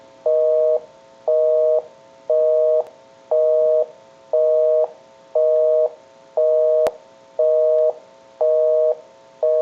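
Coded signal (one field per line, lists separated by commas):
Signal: telephone call progress tone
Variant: North America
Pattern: busy tone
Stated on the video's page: Call progress tone heard on a Western Electric 554 rotary dial telephone during initial checkout and repair.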